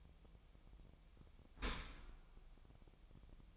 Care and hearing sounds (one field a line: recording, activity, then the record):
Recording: daily activity, microphone in the room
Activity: open dishwasher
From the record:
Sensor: 1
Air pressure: 1004.7 hPa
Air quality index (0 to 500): 120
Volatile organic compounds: 4 ppm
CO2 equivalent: 1673 ppm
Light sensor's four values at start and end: 9/21/8/9 and 9/21/8/9